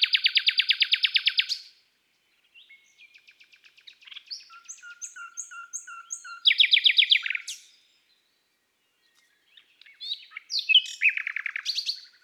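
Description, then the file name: Common nightingale delivering a loud rapid pulsed rattle, then varied whistles and repeated piping notes, another fast rattle, and a final churring phrase. "Rossignol philomele Chants doiseaux des bois et des forets"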